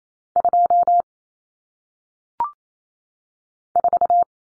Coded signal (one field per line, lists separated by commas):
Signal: Morse code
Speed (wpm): 28 wpm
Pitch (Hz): 700 Hz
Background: none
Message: 2 4